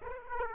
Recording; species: mosquito wingbeat signal from an infrared sensor; Aedes aegypti